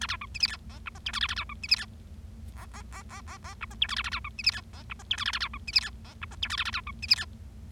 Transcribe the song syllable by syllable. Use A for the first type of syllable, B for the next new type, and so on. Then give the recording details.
A B C D E F G H I J K A A B C D E F G G G G G G H I J K A A B C D E F G H I J K A A B C D E F G H I J K A A B C D E F. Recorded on 25 March 2012 at 16:02. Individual gy6or6